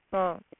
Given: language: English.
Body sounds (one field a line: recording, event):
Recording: throat vibration sensor signal played as sound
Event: speech